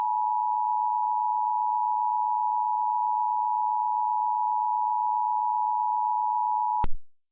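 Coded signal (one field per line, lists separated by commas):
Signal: Emergency Alert System (SAME) tones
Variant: 853 and 960 Hz attention tone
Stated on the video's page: Mock EAS, simulated: a Wireless Emergency Alert recreated as EAS tones.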